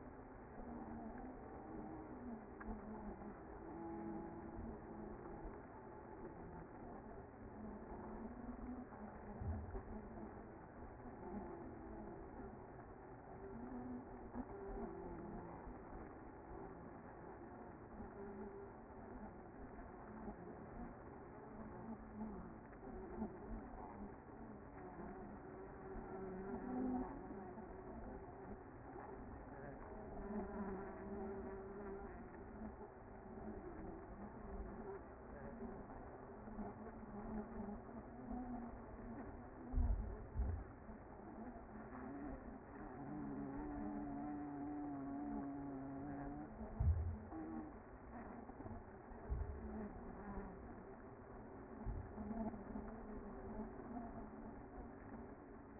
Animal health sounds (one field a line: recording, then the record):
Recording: honeybee colony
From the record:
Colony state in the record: active